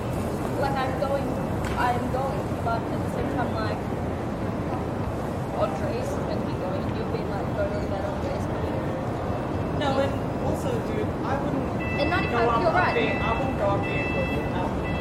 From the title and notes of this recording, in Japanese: シドニー市内 Townhall の騒音。そのメインストリートのGeorge street にて行き交う人々を眺めながらゆっくり過ごします。忙しく行き来する人の声 TRAMの行き交う音 ランチをする女性の会話。